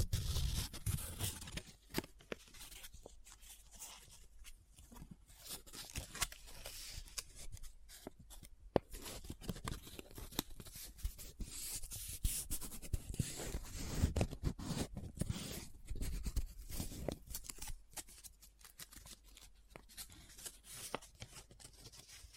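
Paper is handled close up, with dense bursts of crinkling, rubbing and scratching that come in quick, uneven clusters throughout. The sound is bright and crackly, with short pauses between flurries and a few sharper scrapes near the middle.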